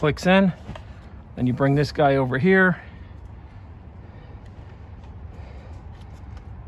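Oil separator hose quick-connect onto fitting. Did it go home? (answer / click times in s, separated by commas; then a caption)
no / none. On a 2021 Ford F-150 5.0 with a J&L oil separator being installed, the second oil separator hose is brought over and its quick-connect is lined up on the fitting before being pushed home. Someone talks for the first three seconds, then there is only low, steady background noise with a faint brief tick near 6.4 s. The fitting has not clicked or seated yet.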